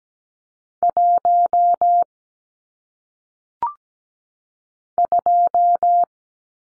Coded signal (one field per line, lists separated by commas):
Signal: Morse code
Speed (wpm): 17 wpm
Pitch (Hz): 700 Hz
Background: none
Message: 1 2